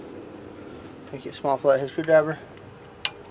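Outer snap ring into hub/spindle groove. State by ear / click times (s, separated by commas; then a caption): seated / 3.0 s. A steel outer snap ring on the front hub/spindle of a 4x4 truck is worked into its groove with a small flat-head screwdriver. Someone talks, then a sharp metallic snap is heard at 3.1 seconds. The ring is seated all the way around in its groove.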